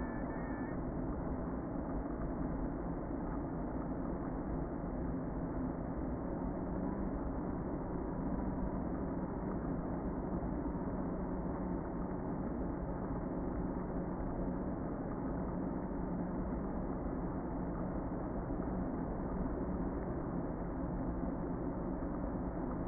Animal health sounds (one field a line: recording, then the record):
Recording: honeybee colony, microphone inside the hive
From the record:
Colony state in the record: queen present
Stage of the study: before two queens were removed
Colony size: about 60,000 bees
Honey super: yes